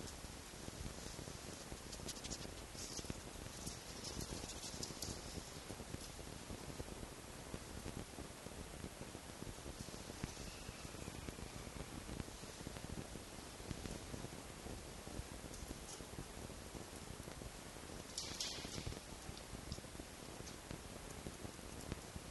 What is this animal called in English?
Red Fox